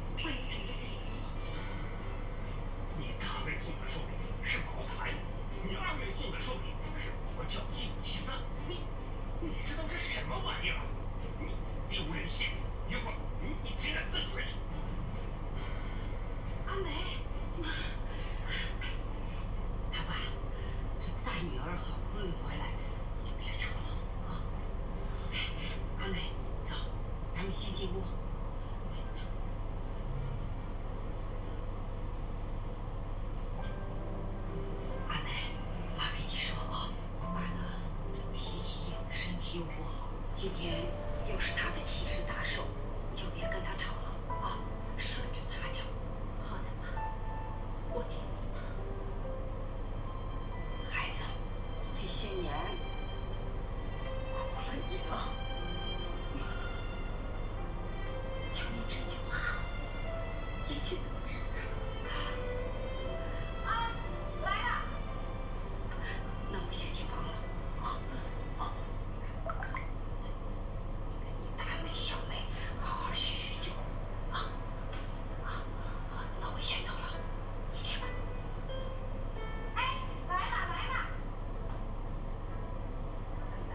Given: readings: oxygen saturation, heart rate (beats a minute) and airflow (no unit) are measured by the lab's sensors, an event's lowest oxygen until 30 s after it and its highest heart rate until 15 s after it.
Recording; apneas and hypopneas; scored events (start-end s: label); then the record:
a person awake in a sleep study, by a smartphone at the bedside; none
0.00-83.75 s: awake
From the record:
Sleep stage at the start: awake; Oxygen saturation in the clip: 92 to 94%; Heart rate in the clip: 59 to 69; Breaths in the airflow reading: 26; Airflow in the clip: -6.2 to 6.0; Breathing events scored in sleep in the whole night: 476 in 9.7 hours asleep